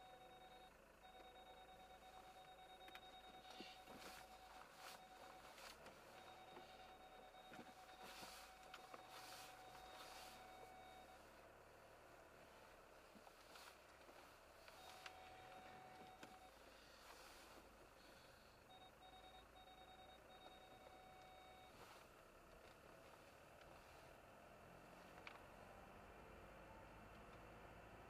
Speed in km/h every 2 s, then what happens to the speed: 0, 0, 0, 0, 0, 0, 7, 10, 10, 11, 9, 16, 21, 24.
0-11 standing. 11-28 pulls away to 24.